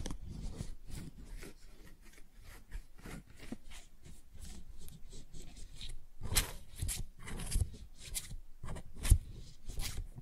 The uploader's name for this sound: ASMR Most Beautiful Tingly Flower Sounds